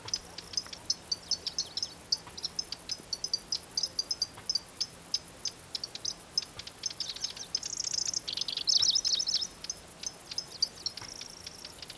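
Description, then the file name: Pallas's grasshopper warbler song: dense chattering of high ticking notes with short buzzy, trilled bursts in the latter part, over a steady faint hum. "locustella certhiola"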